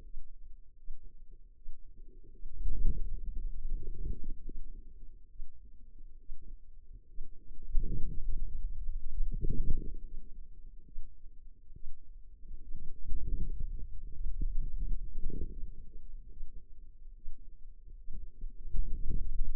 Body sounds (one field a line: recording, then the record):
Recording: forearm muscle sounds (acoustic myography)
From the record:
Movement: pen grasping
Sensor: system 2, bracelet of six BSWA MPA416 microphones around the upper forearm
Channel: 1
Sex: female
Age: 25 years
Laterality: right